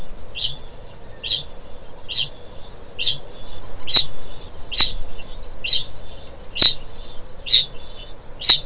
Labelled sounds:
Kākāpō ching call
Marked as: faintness 3/5
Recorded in New Zealand
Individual Stumpy

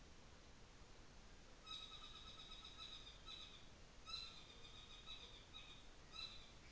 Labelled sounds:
North Island Saddleback
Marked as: faintness 2/5
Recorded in New Zealand on 24 December 2018
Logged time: 17:00

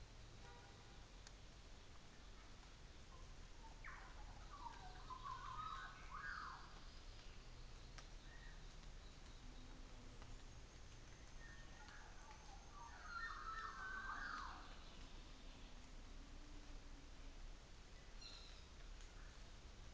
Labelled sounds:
New Zealand Fantail
North Island Saddleback
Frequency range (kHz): New Zealand Fantail 5.7-7.3 kHz; North Island Saddleback 1.1-7.4 kHz
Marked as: faintness 5/5, faintness 2/5
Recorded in New Zealand on 24 December 2018
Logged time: 10:15

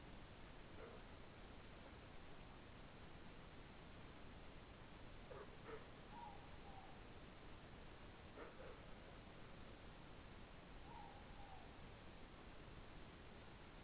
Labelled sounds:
Morepork more-pork call
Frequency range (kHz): Morepork 0.7-1.0 kHz
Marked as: faintness 3/5
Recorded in New Zealand
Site Taranaki

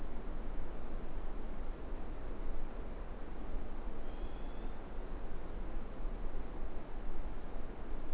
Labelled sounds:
Morepork trill
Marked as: faintness 4/5
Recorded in New Zealand
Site Eglinton

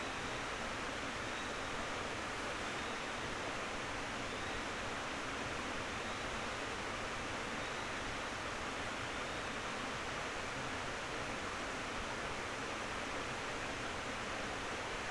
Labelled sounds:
North Island Brown Kiwi male call
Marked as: faintness 4/5
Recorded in New Zealand on 19 October 2013
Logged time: 01:58
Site CR37

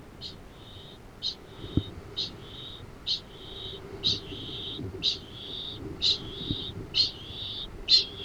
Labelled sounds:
Kākāpō ching call
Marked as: faintness 2/5
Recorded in New Zealand
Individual Arab

